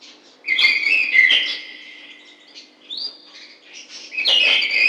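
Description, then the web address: Bird singing a clear whistled phrase that slides down, followed by quick chirps and a loud burst of twittering notes. "птицы"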